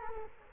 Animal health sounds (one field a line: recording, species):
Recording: mosquito wingbeat signal from an infrared sensor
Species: Culex quinquefasciatus